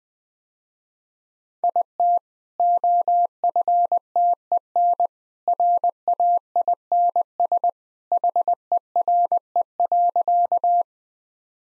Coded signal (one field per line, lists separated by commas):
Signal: Morse code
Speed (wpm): 20 wpm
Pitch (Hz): 700 Hz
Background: none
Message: IT OFTEN RAINS HERE.